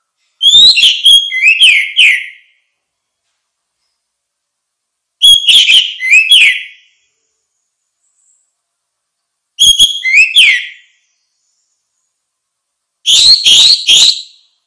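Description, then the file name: Orange-headed thrush repeating short, similar phrases of bright whistles and chirps, four phrases separated by silences. "suara kicau burung anis merah luar biasa"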